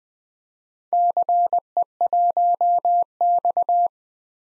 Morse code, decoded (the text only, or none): CE1X